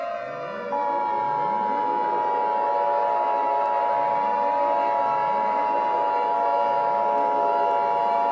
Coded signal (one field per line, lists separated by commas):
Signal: Emergency Alert System (SAME) tones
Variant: 853 and 960 Hz attention tone